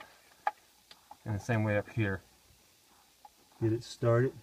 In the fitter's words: grab it until it clicks.